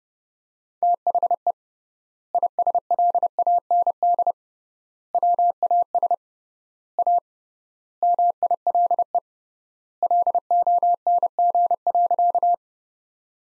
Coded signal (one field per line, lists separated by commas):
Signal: Morse code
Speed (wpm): 32 wpm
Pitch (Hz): 700 Hz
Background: none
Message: THE ISLAND WAS A MILE LONG.